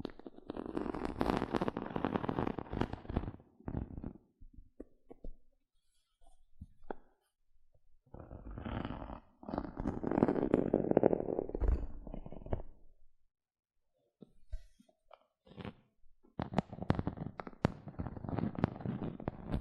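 Gentle scratching comes in bursts of dense, crackly texture. Busy stretches run from the start to about 4 seconds, around 8.5 to 12.5 seconds, and from 16 seconds to the end. Scattered sharp ticks and near silence fill the gaps between them.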